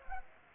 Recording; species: mosquito wingbeat signal from an infrared sensor; Culex pipiens